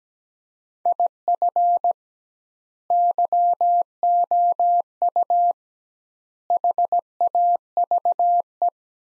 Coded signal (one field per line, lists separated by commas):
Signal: Morse code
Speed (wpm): 17 wpm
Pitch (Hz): 700 Hz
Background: none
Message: IF YOU HAVE